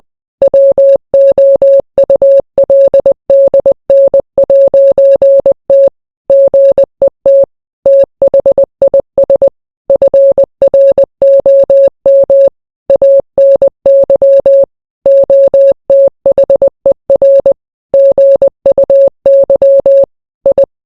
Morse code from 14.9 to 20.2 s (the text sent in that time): OTHER GUY